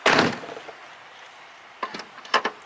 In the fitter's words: when i fully close it and you're gonna hear it pop back open in about one to two seconds and